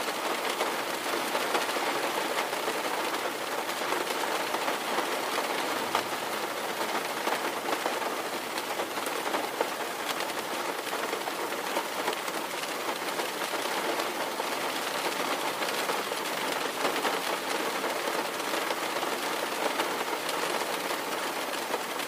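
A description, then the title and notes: Steady rain falls without letup, a dense, even hiss spread across the middle and upper range with fine crackling drops. The level holds flat for the whole stretch, with a faint low rumble underneath and no distinct thunder claps. Thunderstorm Sounds. Steady Rain White Noise.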